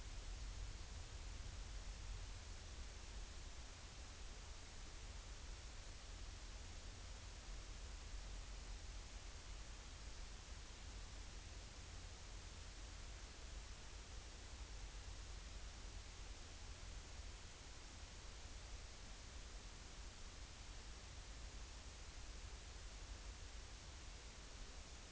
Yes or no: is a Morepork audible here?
no